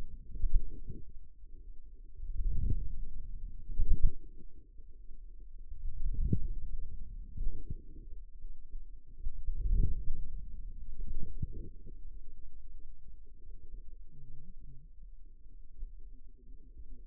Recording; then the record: forearm muscle sounds (acoustic myography)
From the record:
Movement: outward rotation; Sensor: system 2, bracelet of six BSWA MPA416 microphones around the upper forearm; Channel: 6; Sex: male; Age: 22 years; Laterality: right